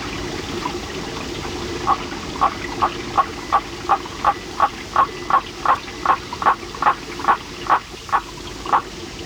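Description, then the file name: Waterfall Frog calling in a steady series of short, clipped notes, roughly two to three per second, over a constant rushing background noise. "Litoria nannotis"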